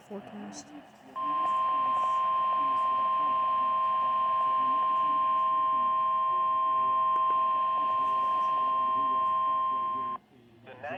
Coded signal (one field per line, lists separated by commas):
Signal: Emergency Alert System (SAME) tones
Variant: 1050 Hz attention tone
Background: speech